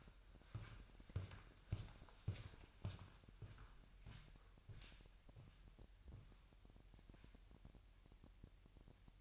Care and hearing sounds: daily activity, microphone in the room; walk to room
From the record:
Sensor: 2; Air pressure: 1001.9 hPa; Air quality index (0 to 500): 245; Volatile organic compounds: 33 ppm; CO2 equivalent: 3023 ppm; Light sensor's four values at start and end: 7/18/7/8 and 8/18/7/8

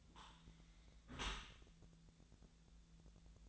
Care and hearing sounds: daily activity, microphone in the room; close dishwasher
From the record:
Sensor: 3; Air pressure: 1000.5 hPa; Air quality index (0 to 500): 175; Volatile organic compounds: 3 ppm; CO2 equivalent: 1517 ppm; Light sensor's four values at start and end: 15/39/16/17 and 15/39/15/17

